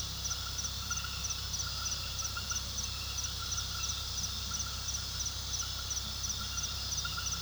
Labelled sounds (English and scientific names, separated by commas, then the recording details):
none
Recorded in pastures near Puerto Asís, Putumayo, Colombia, on 18 February 2024 at 21:30
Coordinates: 0.486, -76.323
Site G6462